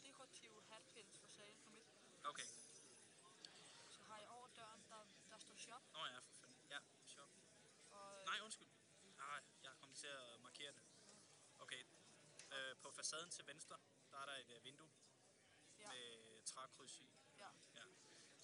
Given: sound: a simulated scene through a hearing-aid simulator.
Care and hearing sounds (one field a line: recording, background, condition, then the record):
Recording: conversation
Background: cafeteria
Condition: +4 dB SNR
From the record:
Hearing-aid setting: standard clinical setting (NAL)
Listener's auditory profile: A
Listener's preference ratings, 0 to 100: 79, 84, 9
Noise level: 65 dB SPL